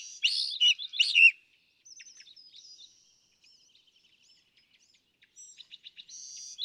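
California thrasher song opening with a loud harsh burst, then softer scattered whistled notes and short trills with pauses, ending in a quick series of notes.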